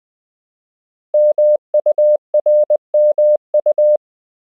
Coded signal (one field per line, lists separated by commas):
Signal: Morse code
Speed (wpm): 20 wpm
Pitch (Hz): 600 Hz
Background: none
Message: MURMU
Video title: Morse Code — Koch Method Lesson 4 (KMRSU)